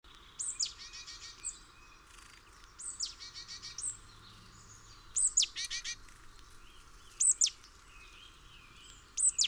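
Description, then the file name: Great tit calls: thin, high downslurred notes, some followed by a quick chatter of rapid ticks, given in several bursts. "Parus major"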